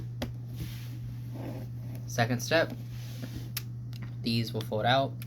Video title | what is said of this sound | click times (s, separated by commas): Lego icons BUMBLEBEE!! | by taking these clips and clipping his feet together. You'll hear it click. | 0.2 s